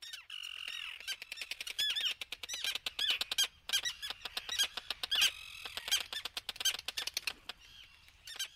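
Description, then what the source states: Terns calling from a colony: a dense, continuous chorus of harsh, squeaky squawks, rapidly repeated and overlapping throughout. Colony of roseate and common terns at Faulkner Island off the Connecticut shore; recorded by Mark Seth Lender.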